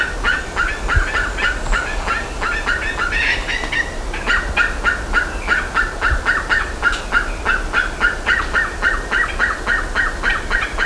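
Bird calling in a fast, uneven chatter of short harsh notes, about three or four a second, continuing throughout.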